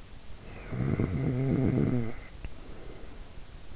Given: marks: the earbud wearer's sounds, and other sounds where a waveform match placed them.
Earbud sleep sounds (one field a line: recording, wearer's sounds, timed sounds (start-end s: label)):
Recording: sounds in sleep by an in-ear microphone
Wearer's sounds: snoring breath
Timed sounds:
0.22-3.42 s: snoring breath